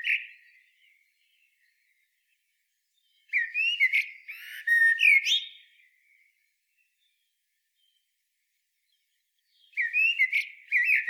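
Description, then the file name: Eurasian blackbird song: a phrase tails off, then a warbled fluted phrase ends in squeaky high twitters; after a long pause another whistled phrase begins. "Turdus merula"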